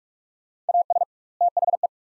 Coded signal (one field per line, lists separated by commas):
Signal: Morse code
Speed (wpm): 45 wpm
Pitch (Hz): 700 Hz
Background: none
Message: AS THE